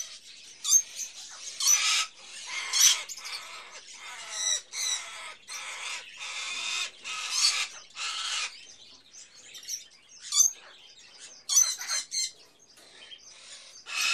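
Hatchling bird chirping: loud raspy bursts mixed with thin high squeaks, uneven in timing.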